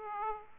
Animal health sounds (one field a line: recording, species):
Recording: mosquito wingbeat signal from an infrared sensor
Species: Aedes aegypti